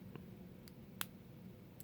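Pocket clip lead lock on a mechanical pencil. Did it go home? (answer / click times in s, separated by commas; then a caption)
yes / 1.0 s. The pocket clip on a Tombow Mono Graph Zero mechanical shaker pencil is slid up to engage the lead lock, which keeps the lead from extending when the pencil is shaken. Against a quiet background, a few faint ticks come at about 0.2 s, 0.7 s and 1.8 s, and a sharp, louder click at 1.0 s is the lead lock seating into place.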